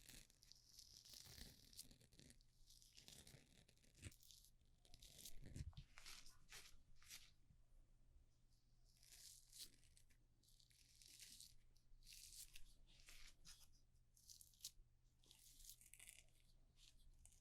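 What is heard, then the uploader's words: Haircut sounds: bursts of crisp, rustling snips come in irregular clusters through the whole stretch, some quick and dense, others spaced a second or two apart. A low steady hum runs underneath throughout, with a soft knock near the six-second mark. Haircut, Shaving, Shampoo & Massage.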